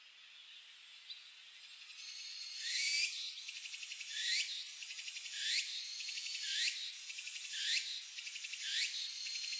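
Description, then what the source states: Walker's cicada song builds from a faint hiss into loud, rhythmic buzzy phrases, each ending in an upward sweep, repeated roughly every second. Recorded 18 August 2004.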